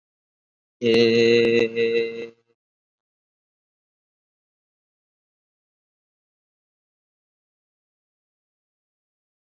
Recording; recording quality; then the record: sustained vowel as in made; excellent, no background noise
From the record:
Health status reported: COVID-19 positive, moderate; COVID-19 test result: positive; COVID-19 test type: RT-PCR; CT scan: not taken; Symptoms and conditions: cough, cold, breathing difficulty, sore throat, fever, fatigue, muscle pain, loss of smell and taste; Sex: male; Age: 26 years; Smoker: no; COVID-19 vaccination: both doses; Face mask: worn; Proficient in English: no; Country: India